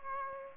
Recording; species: mosquito wingbeat signal from an infrared sensor; Aedes aegypti